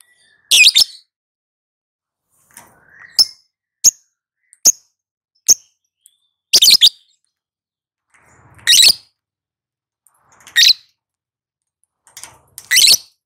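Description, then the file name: Lovebird calls: harsh scratchy chirps alternating with sharp single ticks, irregularly spaced with short silences. Lovebird singing in the ngetik (ticking) style and a long ngekek trill. "lovebird ngetik ngekek panjang"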